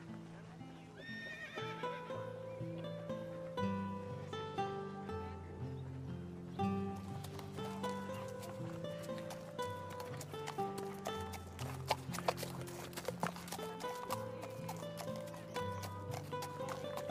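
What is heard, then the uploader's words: A quiet medieval town with music playing in the distance: a steady, looping tune with low held notes and a brighter melody above, running throughout. Horse hooves clip-clop beneath it, with sharper clatter and a few knocks around the twelve and thirteen second marks. Quiet medieval town | distance music/chatter/horse cart. Animals (sheep/chicken/horse/dog).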